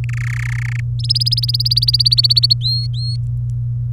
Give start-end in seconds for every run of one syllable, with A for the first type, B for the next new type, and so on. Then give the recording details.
0.04-0.04 A, 0.09-0.80 B, 0.99-2.53 C, 2.61-3.16 D. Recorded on 23 April 2018 at 18:12. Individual llb3